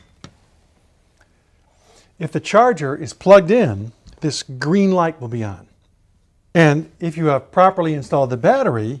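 A drained battery pack for an Invacare Reliant stand-up lift is slid down onto the wall charger and pushed away until it clicks home, with a sharp click at 0.2 s. A faint tick follows at 1.2 s, and then someone talks.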